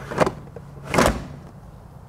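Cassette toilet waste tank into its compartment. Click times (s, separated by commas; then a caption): 0.9 s. A cassette toilet waste tank is slid back into its compartment on a 2024 AUSRV 15-4E MKII MDC-USA. A short sliding knock comes first at about 0.2 s, then a loud, sharp click at 0.9 s as the tank locks home and the lid opens automatically. The cassette is seated.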